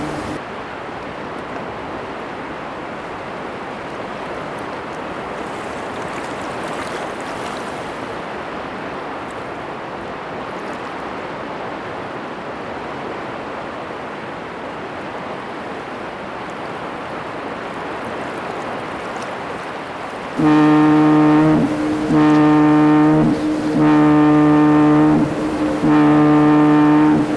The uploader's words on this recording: Background sound "North Sea at Night at Farnoe/Denmark" by pulswelle. Generated sound of Mew Island foghorn in Audacity.